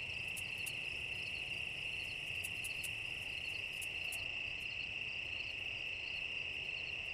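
Cicada song: a continuous shrill, even-pitched buzz that never pauses, with scattered sharp ticks and clicks above it.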